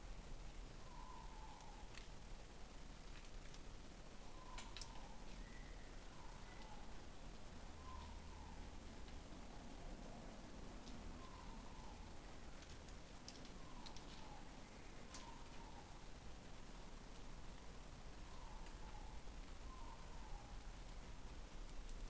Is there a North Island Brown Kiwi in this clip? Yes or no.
no